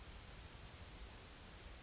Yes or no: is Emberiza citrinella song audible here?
yes